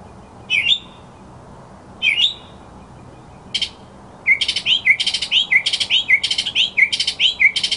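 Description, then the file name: Mockingbird song: several upslurred whistled notes, then a lively continuous run of rising, squeaky phrases. Mockingbird song recording presented as masteran, a tutor recording for training songbirds. "suara masteran mockingbird"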